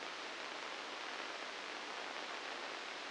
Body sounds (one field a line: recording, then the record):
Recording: brain microelectrode recording played as sound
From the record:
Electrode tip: inside the subthalamic nucleus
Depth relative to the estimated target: -1 mm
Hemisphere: right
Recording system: NeuroSet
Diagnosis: Parkinson's disease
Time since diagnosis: 9 years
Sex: female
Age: 51 years